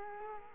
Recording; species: mosquito wingbeat signal from an infrared sensor; Culex quinquefasciatus